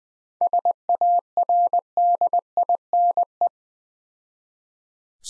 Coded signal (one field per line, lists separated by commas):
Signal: Morse code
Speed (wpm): 21 wpm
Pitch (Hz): 700 Hz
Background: none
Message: SARDINE